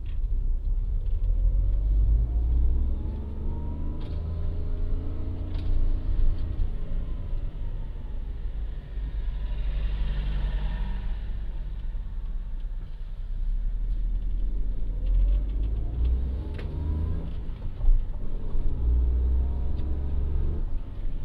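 A car drives along a road toward a farm stand, its engine and road noise forming a heavy, steady low rumble throughout. Gentle rising and falling engine tones shift with speed, and around ten seconds a brighter hiss swells briefly, with occasional small clicks and bumps.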